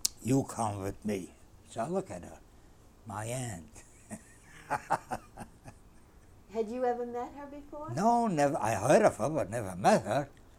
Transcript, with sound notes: "You come with me." So I look at her. My aunt. ( he laughs )
Had you ever met her before?
No, never. I heard of her, but never met her.